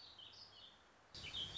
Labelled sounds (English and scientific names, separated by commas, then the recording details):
Warbling Vireo (Vireo gilvus)
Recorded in Sonoma County, California